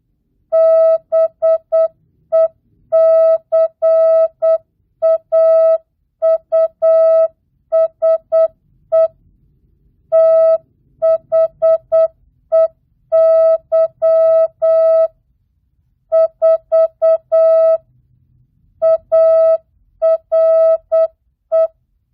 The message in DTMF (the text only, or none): none